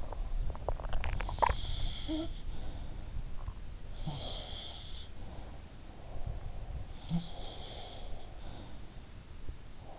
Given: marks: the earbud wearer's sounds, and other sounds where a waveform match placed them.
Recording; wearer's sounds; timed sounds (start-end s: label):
sounds in sleep by an in-ear microphone; swallowing
0.00-1.83 s: swallowing
3.90-5.88 s: sound from someone else or the room
6.88-9.01 s: sound from someone else or the room